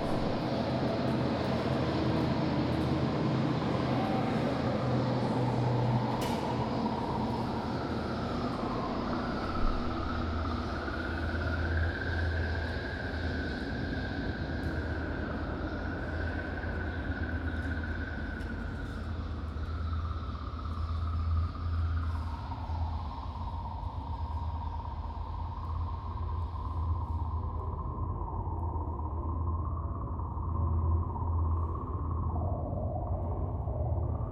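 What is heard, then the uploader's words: Sound art performed inside an old concrete munitions magazine: a dense, steady low rumble fills the whole piece. A whistling tone enters near eight seconds, climbs, holds, then steps down around twenty-two and thirty-two seconds, while a high hiss fades out after twenty-seven. Sound art being performed inside one of Mare’s old concrete munitions storage magazines leftover from World War II.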